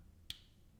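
A plastic LEGO brick is pressed onto a brick model, the beetle base of an insect collection set. A single loud, sharp click at 0.3 s rises briefly above a quiet, steady low background. The brick clicks into place and is seated.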